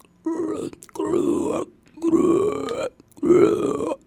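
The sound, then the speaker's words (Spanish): A voice imitates a toad's croak with four deep, throaty, burp-like croaks in a steady rhythm, each lasting about half a second and fairly loud, with short pauses between them. “Por ejemplo, cuando un sapo hace...”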